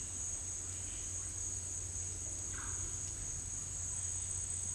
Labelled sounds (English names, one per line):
none